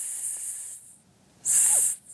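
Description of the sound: Simulated tinnitus: a constant high-pitched hiss, like a very gentle hiss between the teeth, in ear noises that have persisted for years and never stop.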